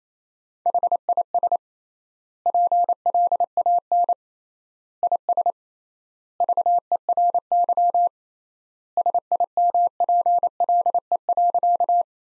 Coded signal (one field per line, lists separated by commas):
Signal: Morse code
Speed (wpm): 28 wpm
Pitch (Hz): 700 Hz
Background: none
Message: HIS PLAN IS VERY SIMPLE.